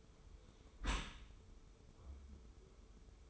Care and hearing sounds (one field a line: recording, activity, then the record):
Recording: daily activity, microphone in the room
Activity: close dishwasher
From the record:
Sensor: 1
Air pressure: 1015.0 hPa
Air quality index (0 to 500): 26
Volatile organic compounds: 1 ppm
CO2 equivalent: 506 ppm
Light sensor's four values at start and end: 13/30/12/13 and 13/30/12/13